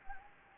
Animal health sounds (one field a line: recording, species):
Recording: mosquito wingbeat signal from an infrared sensor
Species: Anopheles gambiae